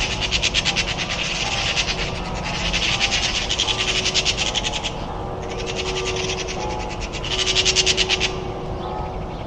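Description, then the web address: Bird giving a pi pi pi call: long series of fast, even pulses in several bursts, over a steady low hum and background noise. Call described as pi pi pi pi. "birddata Deverinetal 2025"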